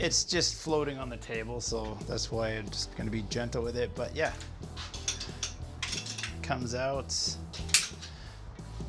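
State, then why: Seated. A homemade aluminum fridge slide tray, mounted in its aluminum slide base and resting loose on a table, is pulled out gently because the base is only floating on the table, while someone talks. A few light knocks come between 5.0 and 6.2 s, then a single sharp hit at 7.7 s as the lock engages. The tray locks in its extended position.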